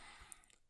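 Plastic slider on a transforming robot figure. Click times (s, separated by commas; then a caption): 0.3 s. A small plastic slider on a Transformers Legacy Skullgrin transforming robot figure is slid back during transformation. It clicks into place with a sharp, bright click at 0.3 s, followed by a few fainter small ticks, and the slider is seated.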